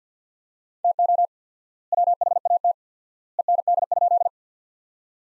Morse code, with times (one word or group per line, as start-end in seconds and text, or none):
0.8-1.3 TO
1.9-2.7 WHAT
3.4-4.3 END?